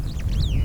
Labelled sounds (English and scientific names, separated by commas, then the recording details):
Superb Starling (Lamprotornis superbus) flight call
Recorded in Kenya